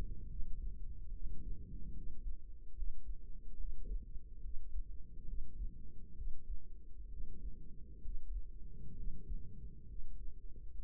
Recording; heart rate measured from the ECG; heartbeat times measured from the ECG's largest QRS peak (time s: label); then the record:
heart sounds by microphone in the right ear; 69 bpm
0.26 s: heartbeat
1.10 s: heartbeat
1.92 s: heartbeat
2.73 s: heartbeat
3.55 s: heartbeat
4.40 s: heartbeat
5.24 s: heartbeat
6.13 s: heartbeat
7.07 s: heartbeat
8.00 s: heartbeat
8.94 s: heartbeat
9.85 s: heartbeat
10.73 s: heartbeat
From the record:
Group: healthy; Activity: rest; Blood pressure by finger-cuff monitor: 119/75 mmHg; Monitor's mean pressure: 93 mmHg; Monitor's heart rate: 70 bpm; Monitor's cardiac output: 5.7 L/min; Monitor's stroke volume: 80 mL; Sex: male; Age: 35 years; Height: 178 cm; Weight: 64 kg